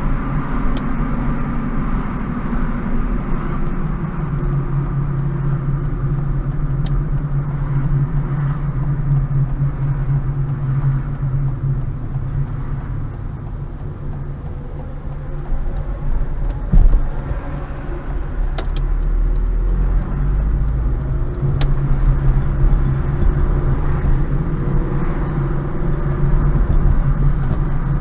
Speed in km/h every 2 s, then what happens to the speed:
42, 37, 29, 27, 25, 22, 16, 12, 11, 14, 22, 27, 31, 31.
0-14 slows to 12. 17-24 speeds up to 31.